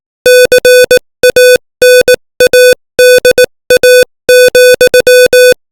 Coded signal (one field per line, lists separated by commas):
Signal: Morse code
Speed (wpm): 18 wpm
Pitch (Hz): 500 Hz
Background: none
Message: CANADA,